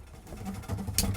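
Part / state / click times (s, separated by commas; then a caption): faucet sprayer hose into faucet supply hose quick-connect / seated / 1.0 s. An installer pushes the pull-down sprayer hose of an Empire Faucets RV kitchen faucet into the faucet supply hose. After a low rumble of handling, the plastic quick-connect pops into place with a sharp click at 1.0 seconds, seating the hose.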